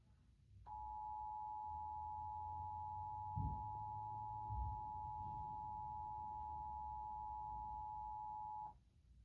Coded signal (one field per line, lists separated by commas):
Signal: Emergency Alert System (SAME) tones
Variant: 853 and 960 Hz attention tone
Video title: WPVI-TV Emergency Alert System Required Monthly Test in PA (EAS #125)